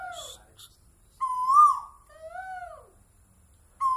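Bird calls: a loud, harsh, swelling note between softer, smooth, arched whistles, with another loud note starting at the very end.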